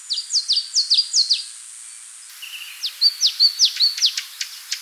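Spot-winged tit song: fast repeated high, sharp notes, mostly downslurred, in two bursts separated by a short pause, with a faint background hiss.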